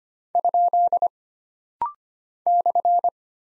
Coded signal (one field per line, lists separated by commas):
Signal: Morse code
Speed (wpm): 25 wpm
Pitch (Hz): 700 Hz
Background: none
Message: ? /